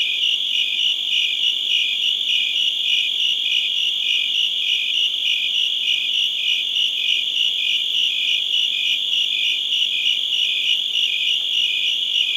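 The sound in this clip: Cricket giving steady high rhythmic chirps, pulsing several times a second over a constant ringing.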